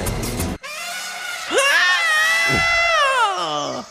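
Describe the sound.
A voice imitates an elephant's trumpet: one loud, sustained, high-pitched wail lasting about three seconds, sliding upward and wavering, after a short burst of rough noise.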